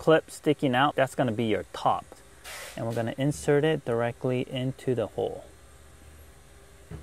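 Someone talks while holding the bypass module's plastic wiring-harness connector, flat side down and clip side up, lined up to be pushed straight into the matching socket on the factory navigation unit of a 2018-2021 Lexus NX 300/h for the navigation and DVD in-motion bypass install. A brief soft hiss is heard partway through. The clip ends before the connector goes in, so nothing has seated or clicked yet.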